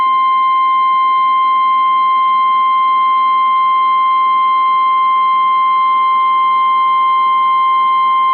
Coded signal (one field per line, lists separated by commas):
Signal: Emergency Alert System (SAME) tones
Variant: 1050 Hz attention tone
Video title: Severe Thunderstorm Warning (AR) (8/18/24) [EAS #16]